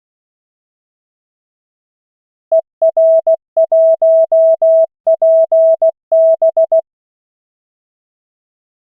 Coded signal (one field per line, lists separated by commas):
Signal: Morse code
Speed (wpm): 16 wpm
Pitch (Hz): 650 Hz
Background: none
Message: ER1PB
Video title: Learning morse code - LCWO Callsign practice - 16 WPM